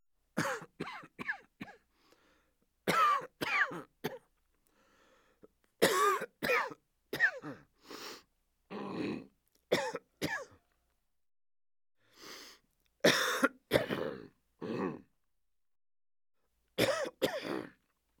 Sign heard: Coughing Man.